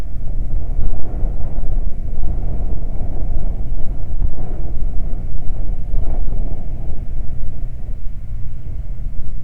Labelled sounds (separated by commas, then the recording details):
bird, wind
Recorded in the Prudhoe Bay oil fields, Alaska, on 12 July 2019 at 00:01
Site 29